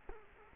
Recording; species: mosquito wingbeat signal from an infrared sensor; Culex quinquefasciatus